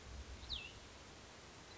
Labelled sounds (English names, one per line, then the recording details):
Cassin's Vireo
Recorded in Sonoma County, California